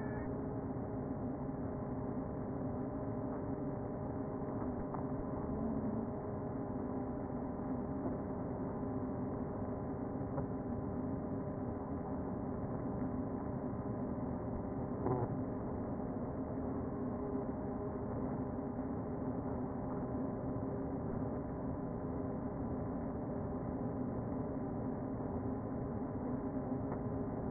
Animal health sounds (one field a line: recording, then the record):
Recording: honeybee colony, microphone inside the hive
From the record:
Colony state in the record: queen present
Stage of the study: before two queens were removed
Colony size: about 60,000 bees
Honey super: yes